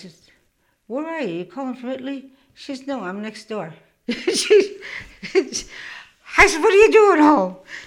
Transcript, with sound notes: I says, "Where are you? Are you calling from Italy?" She says, "No, I'm next door." ( she laughs ) She, I said, "What are you doing home?"